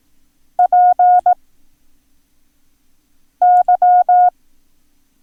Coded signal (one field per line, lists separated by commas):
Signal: Morse code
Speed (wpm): 18 wpm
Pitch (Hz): 720 Hz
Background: none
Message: PY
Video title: Learn Morse Code - Lesson 7